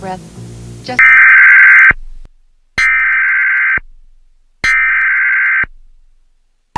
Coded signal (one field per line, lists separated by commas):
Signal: Emergency Alert System (SAME) tones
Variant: header bursts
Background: speech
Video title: EAS Mock Redo: TOR In The Futourr!!